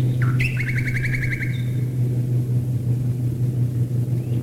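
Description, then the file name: Common nightingale song: a rising note, then a fast rattling trill of repeated notes, over a loud, steady, low engine drone. Nightingales singing while bombers fly overhead, recorded in 1942. "nightingales and bombers 1942"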